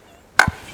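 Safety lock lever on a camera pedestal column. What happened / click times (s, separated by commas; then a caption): The metal lock lever snapped free / 0.4 s. On a studio camera pedestal at its lowest position, the pedestal is pushed down slightly and the metal safety-lock lever on the column is raised to release it. A single sharp, loud hit sounds at 0.4 s, followed by a short low thump and a faint tail. The safety lock is released, so the pedestal can be raised.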